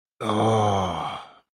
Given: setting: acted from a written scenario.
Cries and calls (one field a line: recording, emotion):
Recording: vocal sound without words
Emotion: contentment